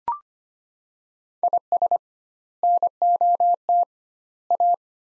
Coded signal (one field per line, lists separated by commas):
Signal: Morse code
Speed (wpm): 25 wpm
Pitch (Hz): 700 Hz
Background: none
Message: IS NOT A